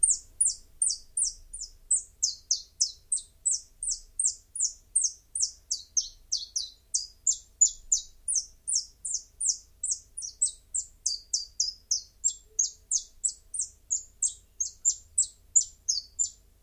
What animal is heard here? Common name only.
Common Chiffchaff